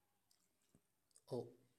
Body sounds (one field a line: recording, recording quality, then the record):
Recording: sustained vowel as in boot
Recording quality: excellent, no background noise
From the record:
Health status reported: healthy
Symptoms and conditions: none ticked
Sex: male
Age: 21 years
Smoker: not ticked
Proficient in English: yes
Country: India